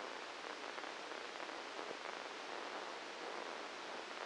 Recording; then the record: brain microelectrode recording played as sound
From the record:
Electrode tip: outside the subthalamic nucleus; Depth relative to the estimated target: 5 mm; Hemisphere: left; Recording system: NeuroSet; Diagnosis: Parkinson's disease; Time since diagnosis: 9 years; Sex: male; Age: 56 years